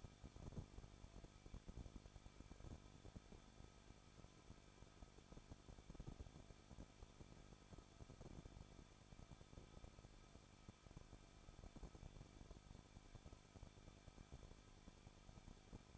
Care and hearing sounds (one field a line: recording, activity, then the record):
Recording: daily activity, microphone in the room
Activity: no activity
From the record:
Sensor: 5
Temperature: 20.8 degrees Celsius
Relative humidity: 38.6%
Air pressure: 1006.5 hPa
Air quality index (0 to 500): 192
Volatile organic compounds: 21 ppm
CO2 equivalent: 2716 ppm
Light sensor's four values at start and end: 2/3/1/1 and 2/3/1/1